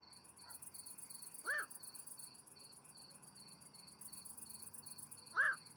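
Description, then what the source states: Animal call: two short, bright upslurred chirps about four seconds apart over a continuous high, pulsed insect-like trill. Described as the first call.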